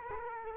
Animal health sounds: mosquito wingbeat signal from an infrared sensor; Culex quinquefasciatus

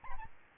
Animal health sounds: mosquito wingbeat signal from an infrared sensor; Aedes albopictus

